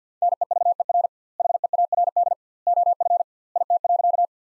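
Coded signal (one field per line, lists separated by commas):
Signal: Morse code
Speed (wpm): 50 wpm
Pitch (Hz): 700 Hz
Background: none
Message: NEVER HEARD OF IT.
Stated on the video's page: Morse practice sentences from the top 400 words at 50 wpm with 2x standard word spacing, a word-based analogue of Farnsworth spacing.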